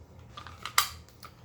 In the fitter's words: so there you can heard a nice audible click